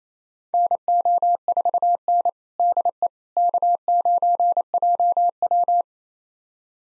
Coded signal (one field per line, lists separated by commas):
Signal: Morse code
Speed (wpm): 28 wpm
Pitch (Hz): 700 Hz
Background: none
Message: NO4N DE K9JW